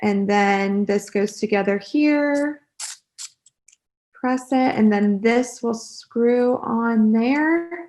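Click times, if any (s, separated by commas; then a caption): none. Someone talks while handling the cartridge holder, loaded with its medication cartridge, as it is put together with and about to be screwed onto the plastic body of a Follistim injector pen. During a pause around 3.5 to 3.7 seconds, a few faint, brief ticks are heard. The holder has not yet screwed home and nothing has clicked or seated yet.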